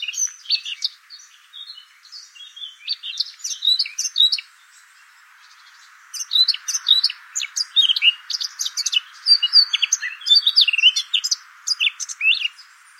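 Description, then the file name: Eurasian blackcap song, a quick chattering warble of varied notes in two bursts, a brief pause near the middle, over faint hiss. "Sylvia atricapilla"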